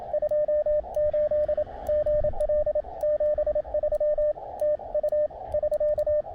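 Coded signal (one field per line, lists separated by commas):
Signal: Morse code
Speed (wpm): 27 wpm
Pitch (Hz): 600 Hz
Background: radio noise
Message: 28 GL 73 TU <SK>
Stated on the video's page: CW SOTA activation with an Elecraft KX2, Spooltenna Ultra antenna and Palm Pico paddle.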